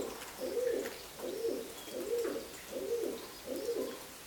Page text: Albert Lastukhin - Скалистый голубь (Columba rupestris)